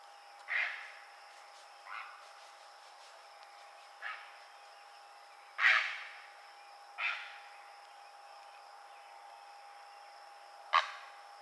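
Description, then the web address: Great blue heron uttering rough, croaking squawks at irregular intervals, six calls of varying strength, against a quiet steady hum. Recorded on 24 June 2007. "Great Blue Heron 2007 06 24"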